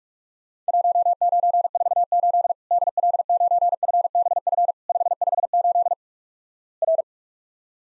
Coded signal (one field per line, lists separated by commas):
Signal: Morse code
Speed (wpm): 47 wpm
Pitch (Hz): 700 Hz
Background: none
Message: 1948 DL9FBF 558 R